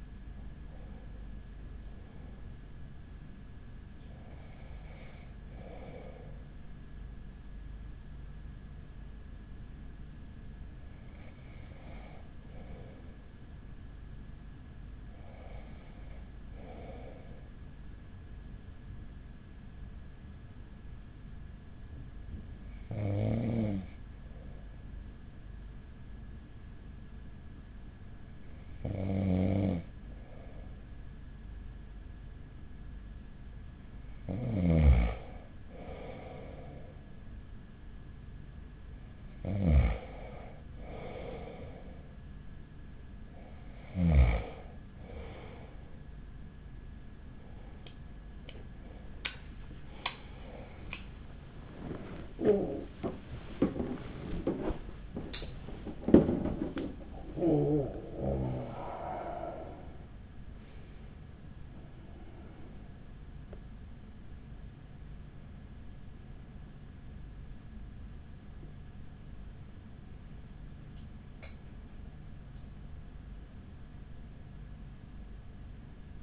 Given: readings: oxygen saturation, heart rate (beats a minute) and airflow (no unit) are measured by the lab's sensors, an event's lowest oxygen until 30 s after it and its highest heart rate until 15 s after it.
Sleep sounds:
breathing in sleep by a smartphone at the bedside; 1
18.00-36.00 s: hypopnea (N2, oxygen 96% highest, then 93% lowest, heart rate 43 at the start, 52 highest)
49.00-76.23 s: new sleep stage, N1 (lightest sleep)
From the record:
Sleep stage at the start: N2 (light sleep); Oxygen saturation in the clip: 93 to 96%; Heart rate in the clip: 40 to 79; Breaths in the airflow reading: 16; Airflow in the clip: -7.0 to 10.0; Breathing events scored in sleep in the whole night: 207 in 7.6 hours asleep

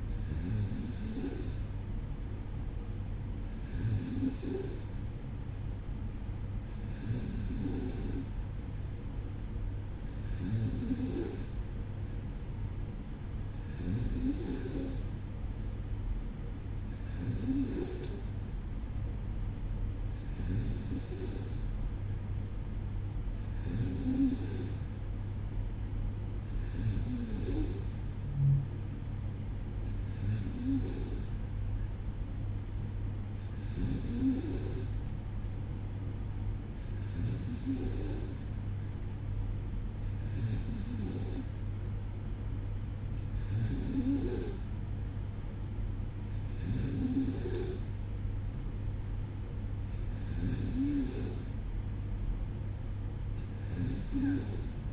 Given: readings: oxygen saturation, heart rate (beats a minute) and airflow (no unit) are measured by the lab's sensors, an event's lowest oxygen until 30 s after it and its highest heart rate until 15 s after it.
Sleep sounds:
breathing in sleep by a smartphone at the bedside; none
none scored
From the record:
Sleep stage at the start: N2 (light sleep); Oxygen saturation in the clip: 93 to 94%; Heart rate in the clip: 55 to 58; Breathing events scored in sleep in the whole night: 305 in 9.6 hours asleep

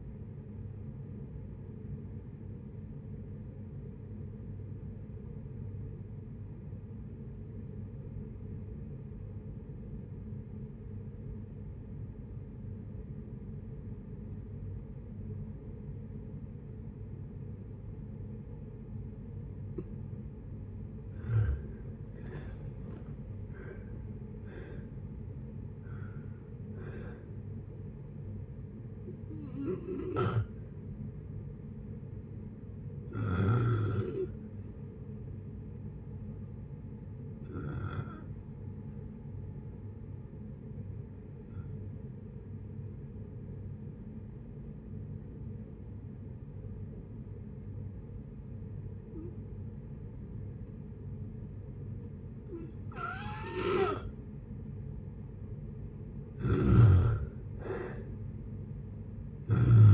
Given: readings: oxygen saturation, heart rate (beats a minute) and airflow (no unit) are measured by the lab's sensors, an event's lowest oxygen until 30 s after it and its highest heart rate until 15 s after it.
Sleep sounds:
breathing in sleep by a smartphone at the bedside; 2
4.00-22.00 s: obstructive apnea (N1, oxygen 96% highest, then 84% lowest, heart rate 56 at the start, 74 highest)
27.00-59.94 s: new sleep stage, N2 (light sleep)
32.00-55.10 s: hypopnea (N2, oxygen 96% highest, then 86% lowest, heart rate 65 at the start, 73 highest)
From the record:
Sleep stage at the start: N1 (lightest sleep); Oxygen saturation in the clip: 79 to 96%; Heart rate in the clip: 56 to 74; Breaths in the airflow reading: 11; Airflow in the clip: -7.3 to 8.6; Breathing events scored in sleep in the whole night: 496 in 5.4 hours asleep

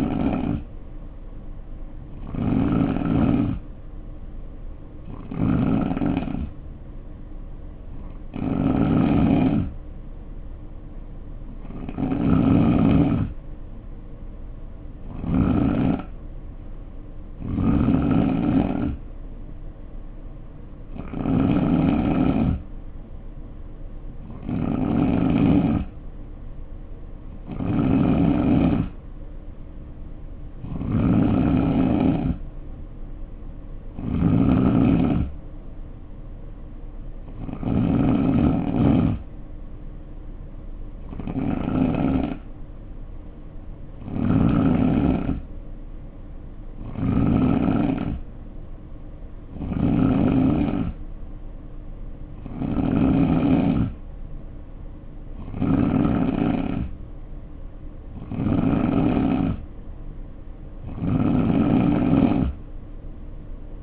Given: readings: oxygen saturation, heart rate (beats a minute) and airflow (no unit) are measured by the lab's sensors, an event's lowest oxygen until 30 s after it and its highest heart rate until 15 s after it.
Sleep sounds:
breathing in sleep by a smartphone at the bedside; none
42.00-63.83 s: new sleep stage, N3 (deep sleep)
From the record:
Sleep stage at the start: N2 (light sleep); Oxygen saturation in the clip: 88 to 91%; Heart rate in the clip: 59 to 66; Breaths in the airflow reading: 21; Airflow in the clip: -4.2 to 3.0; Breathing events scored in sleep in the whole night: 520 in 7.2 hours asleep

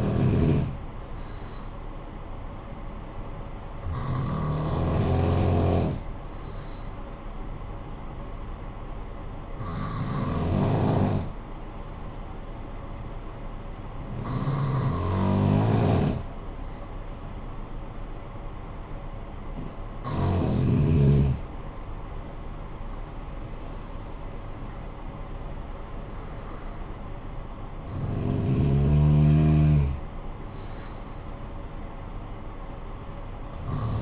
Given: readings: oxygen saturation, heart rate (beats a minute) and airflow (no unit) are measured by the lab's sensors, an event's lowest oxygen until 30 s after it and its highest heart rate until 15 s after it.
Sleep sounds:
breathing in sleep by a smartphone at the bedside; 1
3.00-22.20 s: hypopnea (N2, oxygen 94% highest, then 91% lowest, heart rate 56 at the start, 70 highest)
From the record:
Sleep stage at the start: N2 (light sleep); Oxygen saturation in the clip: 91 to 94%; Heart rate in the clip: 49 to 70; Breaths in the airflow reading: 7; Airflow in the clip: -9.7 to 9.0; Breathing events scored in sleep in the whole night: 445 in 7.6 hours asleep

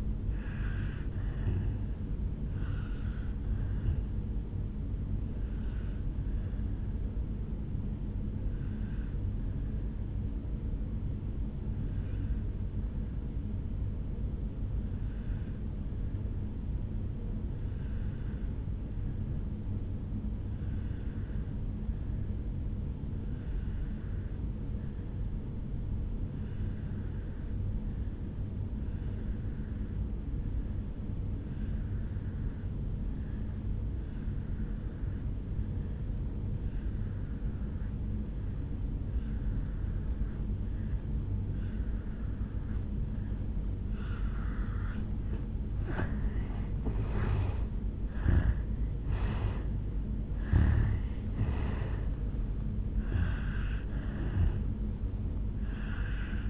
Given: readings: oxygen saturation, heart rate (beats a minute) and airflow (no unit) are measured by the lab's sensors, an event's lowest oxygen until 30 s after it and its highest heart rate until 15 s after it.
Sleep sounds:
breathing in sleep by a smartphone at the bedside; 1
8.00-45.90 s: obstructive apnea (N1, oxygen 97% highest, then 82% lowest, heart rate 54 at the start, 75 highest)
13.00-43.00 s: new sleep stage, N2 (light sleep)
43.00-56.50 s: new sleep stage, N1 (lightest sleep)
From the record:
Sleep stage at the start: N1 (lightest sleep); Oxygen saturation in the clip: 82 to 97%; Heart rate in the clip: 52 to 77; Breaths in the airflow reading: 5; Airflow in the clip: -10.5 to 7.3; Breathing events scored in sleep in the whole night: 449 in 7.0 hours asleep

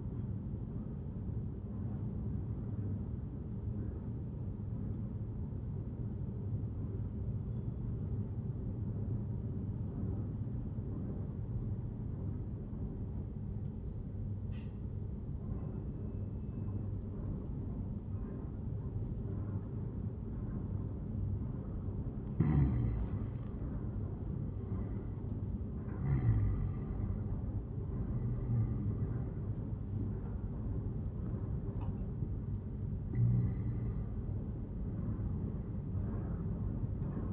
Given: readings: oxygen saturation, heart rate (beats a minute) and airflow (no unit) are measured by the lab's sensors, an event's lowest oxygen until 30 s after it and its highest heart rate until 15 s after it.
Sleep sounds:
breathing in sleep by a smartphone at the bedside; 1
6.00-21.60 s: obstructive apnea (N2, oxygen 96% highest, then 90% lowest, heart rate 71 at the start, 84 highest)
6.00-36.00 s: new sleep stage, N2 (light sleep)
36.00-37.33 s: new sleep stage, N1 (lightest sleep)
From the record:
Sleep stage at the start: N1 (lightest sleep); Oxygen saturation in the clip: 89 to 96%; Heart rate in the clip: 71 to 84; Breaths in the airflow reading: 4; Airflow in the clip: -10.8 to 9.5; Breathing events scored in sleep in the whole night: 131 in 7.2 hours asleep

